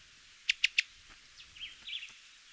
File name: Cuban tody